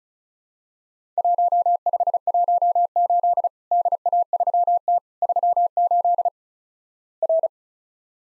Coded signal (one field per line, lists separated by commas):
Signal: Morse code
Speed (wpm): 36 wpm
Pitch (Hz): 700 Hz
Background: none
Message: 1518 DA3T 38 R